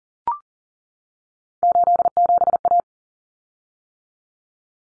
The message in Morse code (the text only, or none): 87A